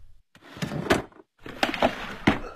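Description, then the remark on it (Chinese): A wooden drawer scrapes and rattles open in two rough bursts, separated by a short pause, with sharp knocks as it slides, as someone takes a small photograph from the very back of it. No voices are heard. “老张从抽屉的最里层拿出一张小小的照片来”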